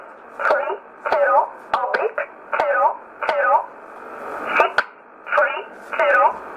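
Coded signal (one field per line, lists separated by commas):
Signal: numbers station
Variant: E11 Oblique, English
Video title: 24 04 2020 E11 Oblique Numbers station in English 0716 on 9963 unknown tx site in USB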